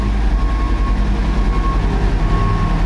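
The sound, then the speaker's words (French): A steady, loud engine rumble fills the inside of a brand-new garbage truck, a deep low drone with a constant mechanical hum and faint rattling, with no voices over it. “Alors on commence dans le camion poubelle.”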